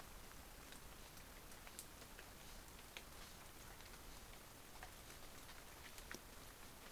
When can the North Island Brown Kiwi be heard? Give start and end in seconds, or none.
none